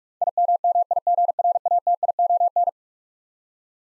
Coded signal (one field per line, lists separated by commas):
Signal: Morse code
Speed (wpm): 41 wpm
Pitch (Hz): 700 Hz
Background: none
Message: IMMIGRATION